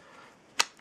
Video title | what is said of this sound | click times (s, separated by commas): Homemade Custom Knife | can't really hear it clicking but you can hear it click out so | 0.6 s